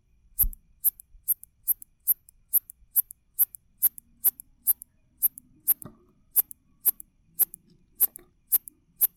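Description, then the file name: Cricket giving sharp, high, clicky chirps at a steady pace of roughly two each second, with a faint low hum and a small knock near the start. "Con De"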